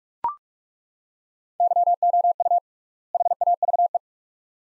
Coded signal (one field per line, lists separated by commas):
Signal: Morse code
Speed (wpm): 42 wpm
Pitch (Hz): 700 Hz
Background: none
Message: YOU HAVE